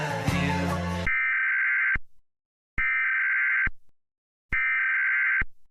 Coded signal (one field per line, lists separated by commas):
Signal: Emergency Alert System (SAME) tones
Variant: header bursts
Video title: The Clip Of EAS Scenario 34: The Murder Drones Invasion